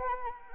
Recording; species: mosquito wingbeat signal from an infrared sensor; Anopheles arabiensis